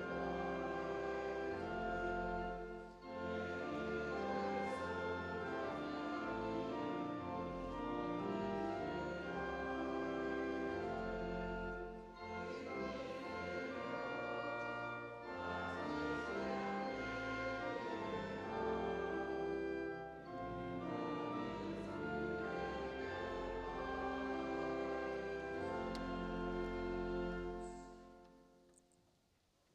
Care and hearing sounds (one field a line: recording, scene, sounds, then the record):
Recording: everyday scene through a hearing-aid microphone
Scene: reverberant space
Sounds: music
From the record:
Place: church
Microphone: in the ear canal, right